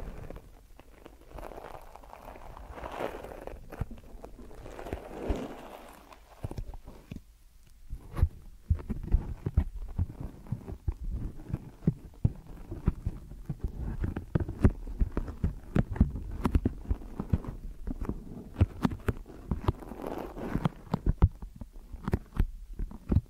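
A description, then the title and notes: Deep ear massage sounds: soft rubbing and muffled pressing against the microphone. The first seven seconds hold slow, swelling brushing strokes, then dense, irregular low thumps and crackles crowd in for the rest, with another smooth swell near twenty seconds. ASMR Deep Ear Massage for Sleep(No Talking).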